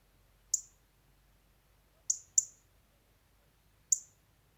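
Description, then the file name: European robin giving sharp, high ticking calls, four clicks spaced irregularly, with a quick pair near the middle, over a quiet background. "Erithacus rubecula"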